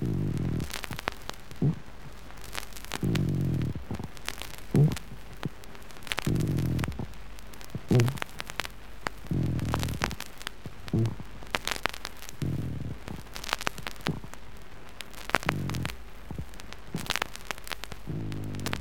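Low, rough grating bursts recur with each breath, about 19 a minute, peppered with scratchy creaking clicks: a coarse pleural friction rub, heard in both inspiration and expiration, as inflamed pleural layers rub together in pleurisy.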